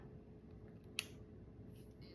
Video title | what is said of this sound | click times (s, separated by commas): HOW TO SET UP PEPTIPEN | you'll get that snap, | 1.0 s